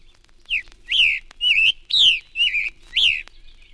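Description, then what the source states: Scarlet Tanager singing a quick run of raspy phrases, roughly two per second, the rough tone clear against a quiet background. Robin-like song, described as hurried and somewhat hoarse; the species is heard as far south as Georgia.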